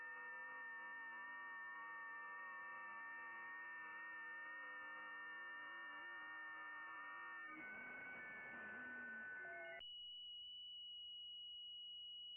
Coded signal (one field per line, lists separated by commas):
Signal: FT8